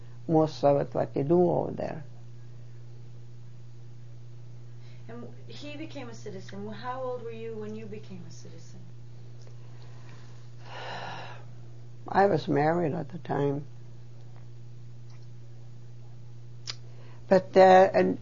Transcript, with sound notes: most of it, what they do over there.
And he became a citizen. How old were you when you became a citizen?
(She sighs.) I was married at the time. But, uh,